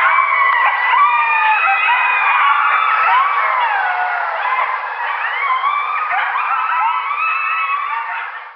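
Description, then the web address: Coyote group howl, a dense tangle of yips, barks and sliding wails overlapping continuously, fading slightly near the end. "Coyote Howling"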